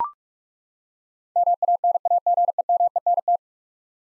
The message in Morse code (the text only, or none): MANAGEMENT